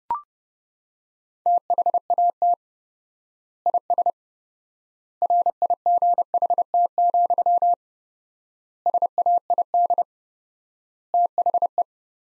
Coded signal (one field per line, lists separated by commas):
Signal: Morse code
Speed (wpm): 32 wpm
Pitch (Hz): 700 Hz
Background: none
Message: THAT IS RIGHT, SAID THE